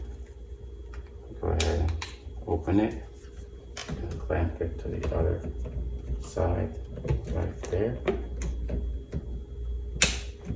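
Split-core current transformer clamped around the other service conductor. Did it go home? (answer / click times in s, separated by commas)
yes / 10.0 s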